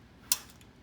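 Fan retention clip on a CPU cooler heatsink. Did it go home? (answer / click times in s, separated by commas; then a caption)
yes / 0.3 s. The wire retention clip that holds the fan on a CPU cooler heatsink is pulled back until it pops into place. A single sharp, loud click sounds at 0.3 s, followed by a faint softer tick at 0.6 s. The clip seats and the fan is installed.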